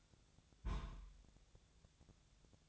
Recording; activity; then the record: daily activity, microphone in the room; place on stove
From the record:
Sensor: 3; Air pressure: 999.3 hPa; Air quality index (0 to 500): 198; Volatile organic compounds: 45 ppm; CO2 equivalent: 3230 ppm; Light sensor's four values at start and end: 7/17/7/6 and 7/17/7/6